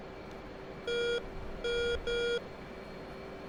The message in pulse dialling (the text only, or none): none